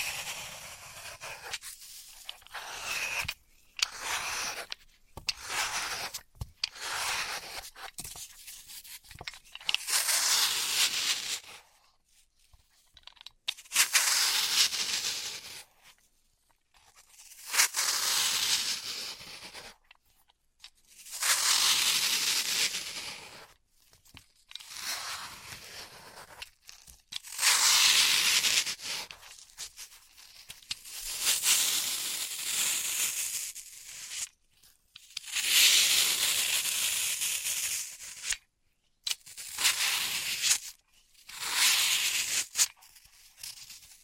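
Floral foam being cut, crushed and tapped, in bursts of gritty tearing and crunching that fill the upper range with hiss. The bursts come every few seconds, separated by brief silences, with some longer rasping stretches and sharp crackles around 27 and 35 seconds.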